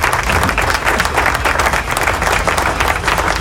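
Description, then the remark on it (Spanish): Sustained applause from a crowd in a studio, a dense, steady wash of many hands clapping at an even loudness throughout, with no voices standing out. “Aplauso.”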